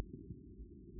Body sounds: neck accelerometer signal played as sound; no cough (speech, laughter, throat clearing or background)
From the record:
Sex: male

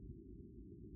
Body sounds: neck accelerometer signal played as sound; no cough (speech, laughter, throat clearing or background)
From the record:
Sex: male

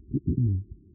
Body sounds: neck accelerometer signal played as sound; no cough (speech, laughter, throat clearing or background)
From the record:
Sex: male

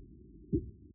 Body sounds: neck accelerometer signal played as sound; voluntary cough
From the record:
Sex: female

